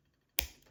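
A metal climbing carabiner's gate assembly, which had slipped out of its notch above the gate, is pushed forward so its metal part snaps back into that notch. After near silence, a single sharp, bright metallic snap lands at 0.4 s (0.39 s) and fades over the next few tenths of a second. The part is seated and the carabiner is fully functional again.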